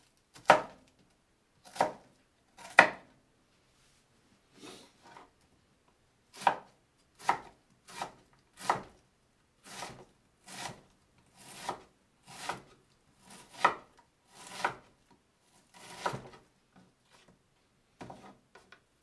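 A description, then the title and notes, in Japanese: A knife chops on a board in sharp separate strokes, about one per second, with a pause near four seconds and softer taps at the end. 環境音 トマトソースパスタの一部始終。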